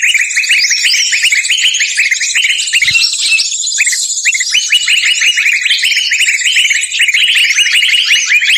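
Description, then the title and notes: Birds chirping nonstop in a thick chorus of quick, high, sharp notes with constant twittering layered over one another. Compilation of lure calls for drawing in wary birds that are hard to bring close. "Suara Burung Bandel Yang Susah Mendekati. Kompilasi Suara Pikat Burung"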